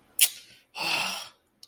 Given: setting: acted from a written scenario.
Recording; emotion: vocal sound without words; anger